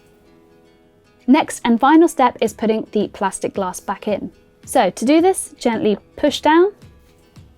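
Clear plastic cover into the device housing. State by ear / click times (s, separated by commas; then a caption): not seated / none. Someone talks while the clear plastic cover of a Cruizr CP01 rotating and sucking stroker is about to be gently pushed down back into the device housing. A faint, brief sound comes near 7.4 s, but the cover has not clicked or seated yet when the clip ends.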